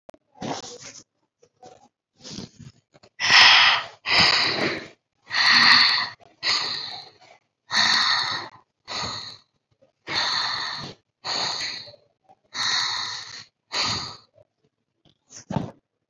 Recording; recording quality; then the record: deep breathing; excellent, no background noise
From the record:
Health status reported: COVID-19 positive, mild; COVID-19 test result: positive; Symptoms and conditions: breathing difficulty, fatigue, hypertension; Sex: female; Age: 62 years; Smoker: not ticked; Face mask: not worn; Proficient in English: yes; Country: India